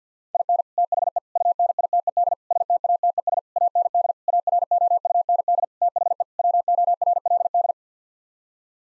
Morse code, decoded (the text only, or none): IN THE UNITED STATES AND AROUND THE WORLD